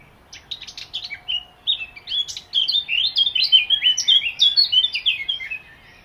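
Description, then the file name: Eurasian blackcap song: a scratchy, chattering warble that grows into a loud, rapid run of rich whistled notes, lasting about five seconds. "Sylvia atricapilla"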